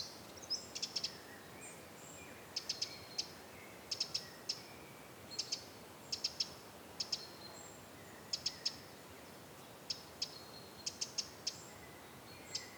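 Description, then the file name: Eurasian wren giving dry ticking calls, sharp clicks in short clusters of two or three, with faint thin whistled notes behind. "Troglodytes troglodytes"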